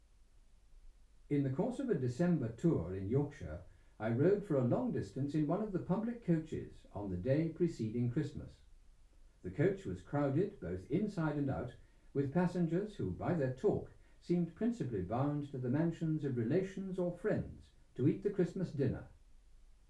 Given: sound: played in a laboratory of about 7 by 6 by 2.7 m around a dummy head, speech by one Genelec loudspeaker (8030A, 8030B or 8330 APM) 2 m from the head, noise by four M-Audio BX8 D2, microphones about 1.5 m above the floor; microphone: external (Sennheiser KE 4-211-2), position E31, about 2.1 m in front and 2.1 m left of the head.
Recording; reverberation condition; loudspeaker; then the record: male speech in English; low; 60 degrees to the left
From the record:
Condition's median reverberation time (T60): about 310 ms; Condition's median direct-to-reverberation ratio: about 3.5 dB